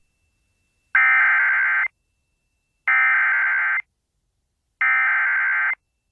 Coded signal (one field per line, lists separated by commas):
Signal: Emergency Alert System (SAME) tones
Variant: header bursts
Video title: Severe Thunderstorm Warning (Sheridan County, NE) (4/27/25) [EAS #153]